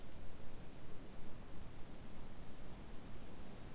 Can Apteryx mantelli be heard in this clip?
no